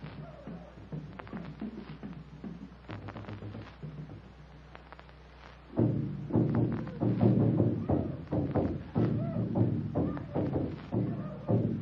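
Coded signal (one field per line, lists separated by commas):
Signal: talking drum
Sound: rapid rhythmic pounding on a hollow wooden drum, growing louder midway through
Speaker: talking drum. That savage pounding on a hollow log with a club. >> Talking drum is right. Listen.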